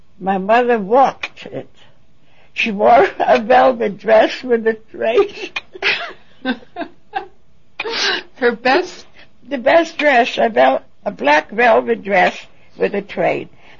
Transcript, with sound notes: My mother walked it. She wore a velvet dress with a train. ( they laugh )
Her best.
The best dress, a black velvet dress with a train.